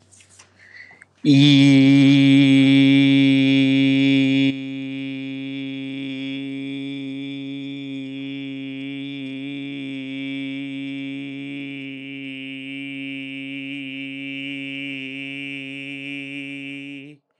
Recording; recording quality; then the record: sustained vowel as in beet; excellent, no background noise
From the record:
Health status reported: healthy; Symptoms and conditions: diabetes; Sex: male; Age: 36 years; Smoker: not ticked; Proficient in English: yes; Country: India